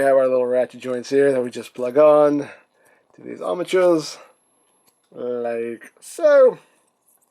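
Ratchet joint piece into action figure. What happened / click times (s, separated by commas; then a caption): Handled only: no seating click, just talk / none. A plastic ratchet joint piece is being handled to plug onto a peg on an Action Toys Machine Robo Series Blackbird Robo (Snoop) action figure while someone talks. Only speech is heard, with no distinct clicks, and nothing has seated or clicked yet.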